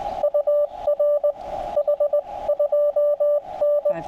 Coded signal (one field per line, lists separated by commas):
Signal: Morse code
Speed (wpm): 18 wpm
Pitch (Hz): 590 Hz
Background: radio noise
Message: UR H2N